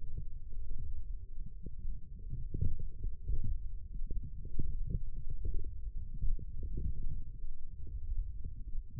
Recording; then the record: forearm muscle sounds (acoustic myography)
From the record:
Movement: forearm supination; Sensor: system 1, eight BSWA MPA416 microphones around the upper forearm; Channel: 2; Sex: male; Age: 20 years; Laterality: left